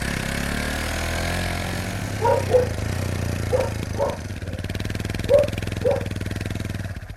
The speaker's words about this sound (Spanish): ¡Mamá! Se vino con ese loco de Pedro en moto.